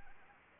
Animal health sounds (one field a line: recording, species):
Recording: mosquito wingbeat signal from an infrared sensor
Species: Anopheles arabiensis